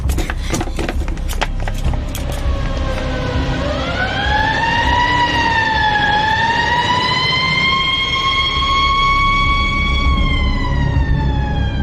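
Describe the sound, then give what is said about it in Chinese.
A police car's wailing siren rises and falls in long sweeping tones over the rumble of traffic as it drives past the Zhongshan Hotel on Tianjin Road, starting after a burst of clattering noise and holding steady and loud to the end. “当押着韵语堂和李文的警车驶过天津路中山旅社时”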